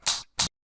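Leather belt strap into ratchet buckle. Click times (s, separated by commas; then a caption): 0.1 s, 0.4 s. A leather belt strap inserted into a Bulliant ratchet buckle is pulled, and the buckle's spring clip clicks over the teeth on the underside of the strap. Two short, bright, broadband clicks are heard at 0.1 s and 0.4 s. The belt gets tighter with each click as the buckle catches.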